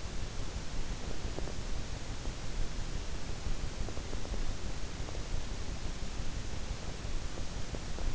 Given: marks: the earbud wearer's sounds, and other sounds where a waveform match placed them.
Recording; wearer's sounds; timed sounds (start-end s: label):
sounds in sleep by an in-ear microphone; breath
1.06-1.78 s: breath
3.74-4.78 s: breath